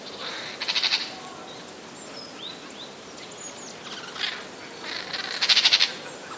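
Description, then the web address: Eurasian jay giving several harsh, rasping screeches, the loudest near the start and near the end, with faint thin bird calls between. 27 January 2013. "wroblowe ostrzegator sojka 27 01 2013"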